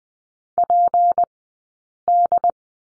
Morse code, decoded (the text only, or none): PD